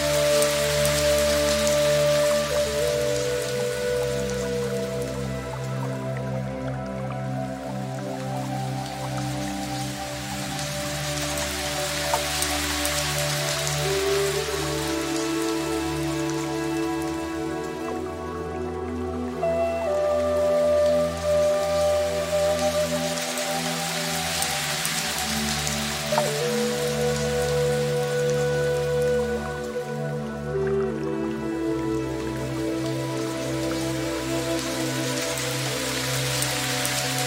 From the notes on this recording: gentle rain, the soft murmur of a Japanese water stream, and the melodic tones of a soulful flute